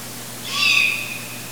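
Long-eared owl juvenile call, a lone high, wheezy squeak held for roughly half a second, tapering off into soft background hiss.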